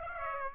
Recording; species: mosquito wingbeat signal from an infrared sensor; Aedes aegypti